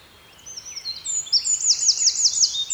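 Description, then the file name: Eurasian wren song: thin high notes rising into a quick, evenly pulsed trill that keeps going to the end. "Troglodytes troglodytes"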